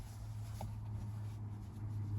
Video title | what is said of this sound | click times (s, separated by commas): Idlestopper v2- 2024-2026 Honda Ridgeline - Turn OFF auto idle stop permanently | And once those are clipped in, we can push down on the panel and it should snap back into place. | 0.6 s